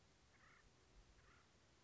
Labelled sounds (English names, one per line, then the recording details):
Acorn Woodpecker
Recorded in Sonoma County, California